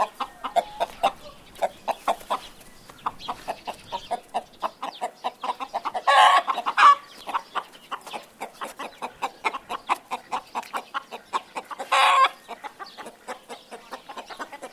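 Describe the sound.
Chicken clucking steadily in rapid, evenly paced short notes, broken by loud raspy squawks around the middle and again later.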